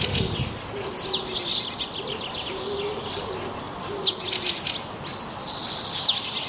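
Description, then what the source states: Birds chirping and whistling high, bright phrases in repeated bursts, with a few low cooing notes underneath. Birdsong in a forest.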